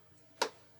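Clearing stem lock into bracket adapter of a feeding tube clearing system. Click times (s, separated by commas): 0.4 s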